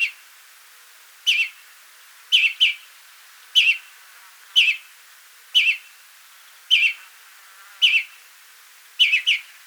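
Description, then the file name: European greenfinch calls: short buzzy notes given singly or in quick doubles, repeated at a steady pace. "Chloris chloris"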